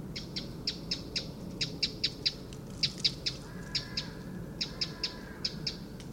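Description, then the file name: Eurasian wren calls, a run of sharp ticking clicks in quick uneven succession, with a faint lower drawn-out tone and low background rumble. "Troglodytes troglodytes"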